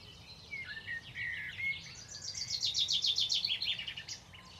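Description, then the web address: Bird song: a few whistled slurs lead into a long rapid series of high repeated notes, steady and chattering, above a faint low rumble. "Deverinetal. Bird Only"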